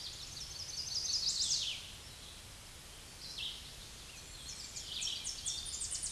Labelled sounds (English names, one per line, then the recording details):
Chestnut-sided Warbler song
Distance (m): 15 m
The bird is about level with the microphone
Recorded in a Pennsylvania forest on 16 May 2024 at 07:22
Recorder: AudioMoth, point MSD-2429
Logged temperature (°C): 16.7 °C
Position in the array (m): 89 m, 68 m